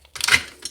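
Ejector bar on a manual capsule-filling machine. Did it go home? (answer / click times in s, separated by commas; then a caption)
released / 0.2 s. A filled manual capsule-filling machine, flipped over, has its ejector bar pressed down with both thumbs. The bar clicks at 0.2 s amid a short clatter, and a smaller tap follows at about 0.7 s. The bar releases and pushes the finished capsules out into a tub.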